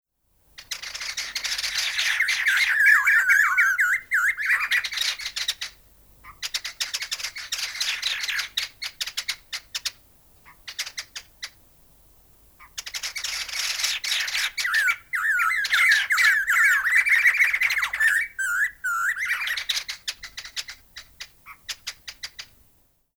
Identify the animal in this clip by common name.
White-necked Laughingthrush